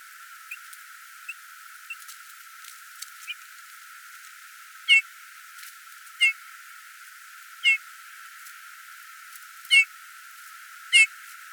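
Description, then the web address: Eurasian bullfinch calls: soft, short piping notes, five in the second half about every one and a half seconds, after a few faint ticks. "geluid Goudvink"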